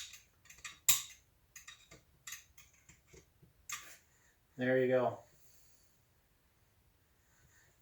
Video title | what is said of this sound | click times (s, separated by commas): Honda CRF 1000 Africa twin fork rebuild. Reassembly part two. | to get that into the groove and you'll hear it snap in place there | 0.9 s